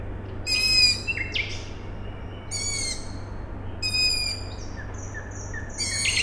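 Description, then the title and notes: Owl chick calls: several bursts of harsh screeches, with a nightingale's whistled notes between them, over a steady low industrial hum. Owl chicks calling at night, 21 May 2019, Siemianowice Śląskie, Poland; nightingale also singing; industrial plant in background; recorded with Zoom H5 and Audio-Technica BP4025. "Maciejkowicka , 41-103 Siemianowice Śląskie, Polska - Owl chicks and a nightingale. Wtorek, 21 maja 2019. Noc. Nawoływanie piskląt sowy. Słowik. Kombinat w tle. Nagrania terenowe Siemianowic Śląskich - Dźwiękowy Portret Miasta"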